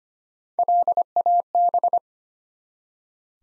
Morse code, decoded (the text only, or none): LAB